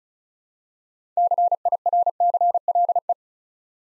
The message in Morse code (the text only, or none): CIRCLE